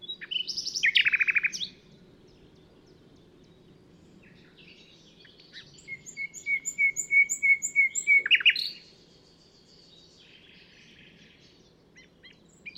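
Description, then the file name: Common nightingale song with a loud buzzy opening burst, then a long even run of clear repeated whistled notes ending in a sharp flourish. "Luscinia megarhynchos"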